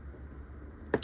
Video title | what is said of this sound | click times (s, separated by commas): Joytoy Warhammer 40K Ultramarines Primarch Robute Gilliuame | but you actually get a closed fist right pops right in | 0.9 s